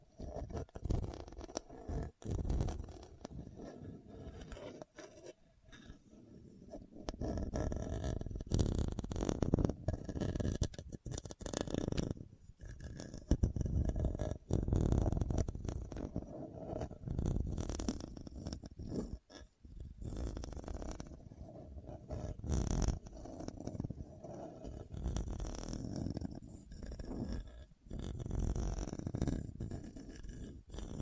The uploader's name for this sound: Hard and Bumpy Surface Scratching